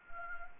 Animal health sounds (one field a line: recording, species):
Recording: mosquito wingbeat signal from an infrared sensor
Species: Anopheles arabiensis